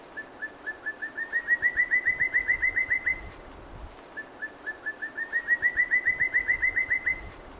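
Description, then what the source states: Shining flycatcher whistled call: two series of quick, clear notes, each about three seconds long, rising slightly in pitch and growing louder, with a pause between series. Recorded in Papua New Guinea.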